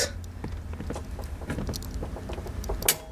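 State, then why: Seated. A Miata's handbrake lever in the centre console is pulled up to set it at two clicks while the handbrake is adjusted for drifting, with the metal ratchet pawl stepping across the teeth. Soft ticks and rattles lead to a sharp, loud metallic click at 2.9 s as the pawl clicks into the next notch, and the lever is seated in position.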